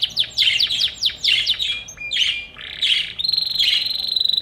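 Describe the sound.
Bird song: quick runs of downward-sweeping chirps, a few buzzy notes, then a steady high trill to the end.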